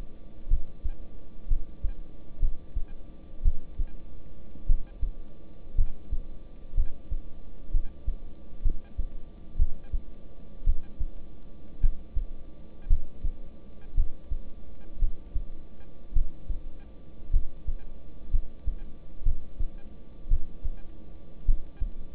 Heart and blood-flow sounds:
heart sounds by stethoscope; between the tricuspid and mitral areas; 57 bpm
0.48 s: heartbeat
1.48 s: heartbeat
2.40 s: heartbeat
3.43 s: heartbeat
4.66 s: heartbeat
5.76 s: heartbeat
6.75 s: heartbeat
7.72 s: heartbeat
8.63 s: heartbeat
9.57 s: heartbeat
10.65 s: heartbeat
11.81 s: heartbeat
12.88 s: heartbeat
13.95 s: heartbeat
14.99 s: heartbeat
16.13 s: heartbeat
17.31 s: heartbeat
18.31 s: heartbeat
19.23 s: heartbeat
20.29 s: heartbeat
21.45 s: heartbeat
From the record:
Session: rest, lying down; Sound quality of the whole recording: good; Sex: male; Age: 26 years

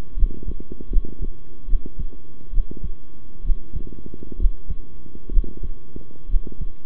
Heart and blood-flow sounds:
heart sounds by stethoscope; between the tricuspid and mitral areas; 69 bpm
0.16 s: heartbeat
0.90 s: heartbeat
1.67 s: heartbeat
2.52 s: heartbeat
3.44 s: heartbeat
4.38 s: heartbeat
5.31 s: heartbeat
6.28 s: heartbeat
From the record:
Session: rest, sitting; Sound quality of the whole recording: good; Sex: male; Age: 23 years

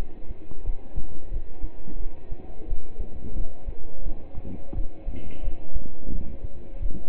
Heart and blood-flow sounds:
heart sounds by stethoscope; between the tricuspid and mitral areas; 88 bpm
0.66 s: heartbeat
1.33 s: heartbeat
2.00 s: heartbeat
2.69 s: heartbeat
3.37 s: heartbeat
4.06 s: heartbeat
4.76 s: heartbeat
5.44 s: heartbeat
6.13 s: heartbeat
6.82 s: heartbeat
From the record:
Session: pedaling a stationary bicycle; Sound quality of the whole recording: partially saturated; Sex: male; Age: 27 years

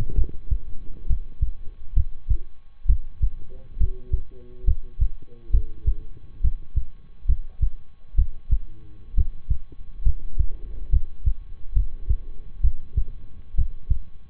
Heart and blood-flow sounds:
heart sounds by stethoscope; between the tricuspid and mitral areas; 67 bpm
0.14 s: heartbeat
1.06 s: heartbeat
1.93 s: heartbeat
2.85 s: heartbeat
3.76 s: heartbeat
4.64 s: heartbeat
5.50 s: heartbeat
6.40 s: heartbeat
7.25 s: heartbeat
8.14 s: heartbeat
9.14 s: heartbeat
10.02 s: heartbeat
10.89 s: heartbeat
11.72 s: heartbeat
12.60 s: heartbeat
13.54 s: heartbeat
From the record:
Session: rest, lying down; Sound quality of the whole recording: good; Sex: male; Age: 23 years

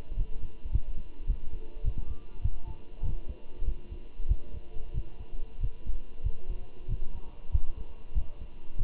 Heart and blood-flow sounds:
heart sounds by stethoscope; between the tricuspid and mitral areas; 97 bpm
0.17 s: heartbeat
0.73 s: heartbeat
1.27 s: heartbeat
1.84 s: heartbeat
2.42 s: heartbeat
3.03 s: heartbeat
3.66 s: heartbeat
4.29 s: heartbeat
4.94 s: heartbeat
5.61 s: heartbeat
6.24 s: heartbeat
6.89 s: heartbeat
7.52 s: heartbeat
8.15 s: heartbeat
8.79 s: heartbeat
From the record:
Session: walking at 3.7 km/h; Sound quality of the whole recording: good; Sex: male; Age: 23 years

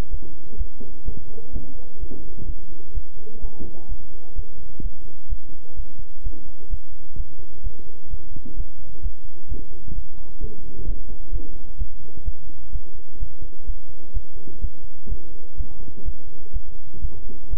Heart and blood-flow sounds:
heart sounds by stethoscope; between the tricuspid and mitral areas; 128 bpm
0.09 s: heartbeat
0.56 s: heartbeat
1.04 s: heartbeat
1.51 s: heartbeat
1.98 s: heartbeat
2.44 s: heartbeat
2.93 s: heartbeat
3.40 s: heartbeat
3.87 s: heartbeat
4.34 s: heartbeat
4.81 s: heartbeat
5.28 s: heartbeat
5.75 s: heartbeat
6.22 s: heartbeat
6.69 s: heartbeat
7.15 s: heartbeat
7.62 s: heartbeat
8.09 s: heartbeat
8.55 s: heartbeat
9.01 s: heartbeat
9.47 s: heartbeat
9.93 s: heartbeat
10.39 s: heartbeat
10.85 s: heartbeat
11.30 s: heartbeat
11.76 s: heartbeat
12.23 s: heartbeat
12.71 s: heartbeat
13.18 s: heartbeat
13.65 s: heartbeat
14.12 s: heartbeat
14.60 s: heartbeat
15.07 s: heartbeat
15.56 s: heartbeat
16.03 s: heartbeat
16.52 s: heartbeat
17.00 s: heartbeat
17.48 s: heartbeat
From the record:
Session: bicycle stress test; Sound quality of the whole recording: good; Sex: male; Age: 26 years

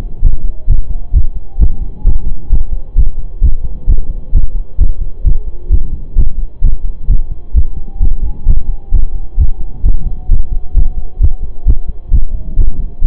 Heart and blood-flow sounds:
heart sounds by stethoscope; between the tricuspid and mitral areas; 131 bpm
0.23 s: heartbeat
0.68 s: heartbeat
1.14 s: heartbeat
1.60 s: heartbeat
2.05 s: heartbeat
2.51 s: heartbeat
2.97 s: heartbeat
3.42 s: heartbeat
3.88 s: heartbeat
4.33 s: heartbeat
4.79 s: heartbeat
5.25 s: heartbeat
5.71 s: heartbeat
6.17 s: heartbeat
6.62 s: heartbeat
7.09 s: heartbeat
7.55 s: heartbeat
8.01 s: heartbeat
8.47 s: heartbeat
8.92 s: heartbeat
9.38 s: heartbeat
9.84 s: heartbeat
10.30 s: heartbeat
10.75 s: heartbeat
11.21 s: heartbeat
11.66 s: heartbeat
12.12 s: heartbeat
12.57 s: heartbeat
13.02 s: heartbeat
From the record:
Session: pedaling a stationary bicycle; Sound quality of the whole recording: saturated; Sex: male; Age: 25 years

